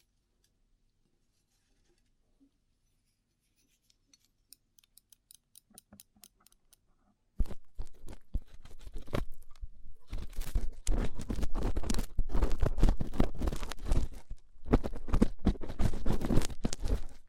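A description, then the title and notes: Rough ear cleaning: the first seven seconds are almost silent, with a few faint, sparse clicks that gradually come more often. Then loud, dense scratching and crackling rubbing starts abruptly and continues to the end, dropping out only briefly around fourteen seconds. ASMR Rough Ear Cleaning (No Talking).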